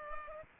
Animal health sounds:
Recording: mosquito wingbeat signal from an infrared sensor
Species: Culex pipiens

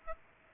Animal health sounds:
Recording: mosquito wingbeat signal from an infrared sensor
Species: Aedes aegypti

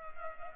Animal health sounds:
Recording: mosquito wingbeat signal from an infrared sensor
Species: Culex pipiens

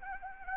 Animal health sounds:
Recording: mosquito wingbeat signal from an infrared sensor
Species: Anopheles gambiae

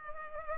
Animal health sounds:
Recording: mosquito wingbeat signal from an infrared sensor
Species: Culex pipiens

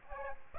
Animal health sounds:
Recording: mosquito wingbeat signal from an infrared sensor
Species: Aedes aegypti

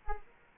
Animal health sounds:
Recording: mosquito wingbeat signal from an infrared sensor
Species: Culex quinquefasciatus

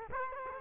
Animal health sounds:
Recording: mosquito wingbeat signal from an infrared sensor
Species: Culex quinquefasciatus

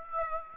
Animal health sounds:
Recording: mosquito wingbeat signal from an infrared sensor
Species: Aedes aegypti

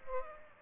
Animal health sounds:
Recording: mosquito wingbeat signal from an infrared sensor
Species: Aedes aegypti

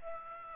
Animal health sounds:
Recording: mosquito wingbeat signal from an infrared sensor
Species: Aedes aegypti

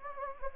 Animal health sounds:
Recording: mosquito wingbeat signal from an infrared sensor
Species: Anopheles gambiae

